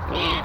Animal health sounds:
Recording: contact call of a hoofed animal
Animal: wild boar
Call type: grunt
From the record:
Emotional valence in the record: positive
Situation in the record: naturally occurring affiliative interactions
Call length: 0.45 s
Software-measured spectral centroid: 2190 Hz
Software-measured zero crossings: 2540 a second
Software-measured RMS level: -24 dBFS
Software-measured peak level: -13 dBFS

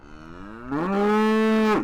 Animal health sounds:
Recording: contact call of a hoofed animal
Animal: cattle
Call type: low-frequency (closed-mouth) or high-frequency (open-mouth) call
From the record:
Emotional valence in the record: negative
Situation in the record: full separation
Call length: 1.84 s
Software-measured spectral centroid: 1790 Hz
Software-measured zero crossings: 1130 a second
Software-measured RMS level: -23 dBFS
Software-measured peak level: -17 dBFS

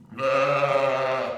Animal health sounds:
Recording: contact call of a hoofed animal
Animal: sheep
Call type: low-frequency (closed-mouth) or high-frequency (open-mouth) call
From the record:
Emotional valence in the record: positive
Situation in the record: reunion with pen mate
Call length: 1.38 s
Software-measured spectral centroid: 1730 Hz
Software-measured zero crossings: 1660 a second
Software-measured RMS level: -24 dBFS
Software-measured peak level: -10 dBFS

